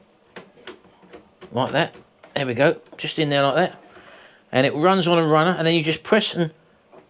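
A black sublimation ink cartridge is slid along its runner into the ink bay of an Epson C5210 printer, with a few short, sharp handling ticks around 0.4, 0.7 and 1.1 seconds while someone talks. The clip ends just before the press, so the cartridge has not seated or clicked into place yet.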